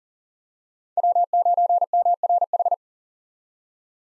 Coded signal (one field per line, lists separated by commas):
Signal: Morse code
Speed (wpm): 39 wpm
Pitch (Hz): 700 Hz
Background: none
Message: W9MRH